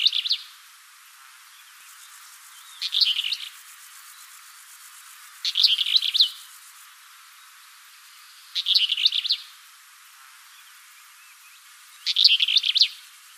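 Bird calls in short bursts of high, buzzy chirping notes, five bursts spaced about three seconds apart, with faint insect-like hiss in the background.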